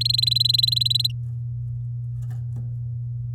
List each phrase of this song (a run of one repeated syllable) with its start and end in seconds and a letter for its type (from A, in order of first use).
0.01-1.07 A